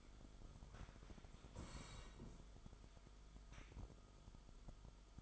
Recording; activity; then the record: daily activity, microphone in the room; sit down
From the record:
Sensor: 5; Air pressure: 1005.3 hPa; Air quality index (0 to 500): 105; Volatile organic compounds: 2 ppm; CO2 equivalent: 1291 ppm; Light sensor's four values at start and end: 34/79/31/30 and 34/79/32/30